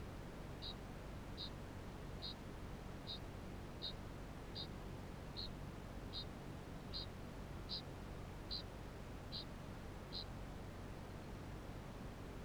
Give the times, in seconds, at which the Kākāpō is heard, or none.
0.00-10.36